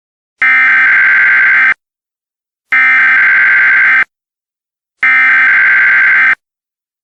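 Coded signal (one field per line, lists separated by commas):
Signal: Emergency Alert System (SAME) tones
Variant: header bursts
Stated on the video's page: Fictional EAS scenario, simulated alert tones.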